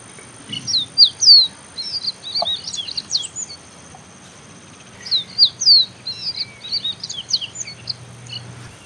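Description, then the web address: Copper seedeater song: two bursts of high, sharp downslurred whistles and quick chirps, one near the start and one past midway, separated by a short pause, with a faint low hum. "Copper seedeater. صدای-پرنده-دانه-خوار-مسی"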